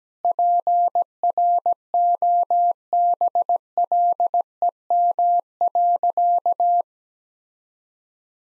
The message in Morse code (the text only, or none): PROBLEM.